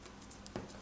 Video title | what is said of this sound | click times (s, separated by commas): Motorola Moto G5 5th Generation 2017 Disassembly Teardown Screen LCD Replacement Repair Video | then put the bottom plastic back over. Pop into place. | 0.3 s, 0.5 s, 0.6 s